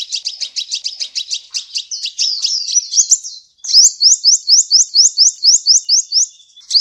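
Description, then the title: Sunbird chirping, a fast run of high, thin notes that shifts into a scratchy warble, pauses briefly, then resumes as a steady series of sharp upslurred notes. "kicau kolibri"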